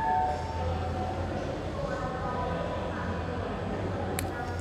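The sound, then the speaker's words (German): Busy railway station ambience under the station colonnades in Genoa: a steady low rumble and hum with overlapping tonal drones, a wash of indistinct murmuring voices, and one brief sharp click near the end. “Seit 20 Minuten sitze ich unter den Bahnhofskolonnaden, trinke Kaffee,”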